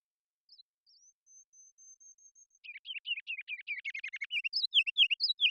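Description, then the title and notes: Ruby-crowned kinglet song opening with soft, very high introductory notes, then a fast buzzy chatter building into loud, bouncing repeated phrases. Series of full songs, short songs and phrases; parabolic single-species recording, clean-processed with natural rhythm, pace and dynamics kept; Pacific Northwest, Washington, United States. "BIRDSong Kinglets - RubyCrowned Kinglet Song. Ruby-crowned Kinglet, Regulus calendula, song performance with a series of full songs, short songs, and phrases. Recorded in the beautiful Pacific Northwest in Washington, Unister States"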